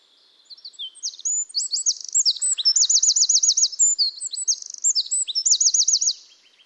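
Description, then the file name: Eurasian wren song, a long explosive stream of high chips, rolling trills and shrill warbles delivered without pause for about five and a half seconds. "Troglodytes troglodytes"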